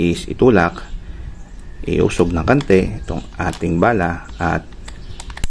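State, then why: Seated. A 1/4" hex screwdriver bit is pushed into the sleeve of a 1/2" square-drive-to-1/4" hex shank socket adapter for an impact wrench while someone talks. Small clicks come near the end, then a sharp metal click at 5.4 s as the bit locks in. The bit is seated and ready to use again.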